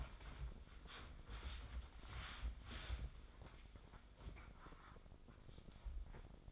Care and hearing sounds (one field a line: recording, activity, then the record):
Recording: daily activity, microphone in the room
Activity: wipe stove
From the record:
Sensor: 5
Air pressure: 996.2 hPa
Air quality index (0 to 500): 97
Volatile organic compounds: 6 ppm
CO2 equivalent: 1850 ppm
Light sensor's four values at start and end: 36/86/35/38 and 37/85/36/39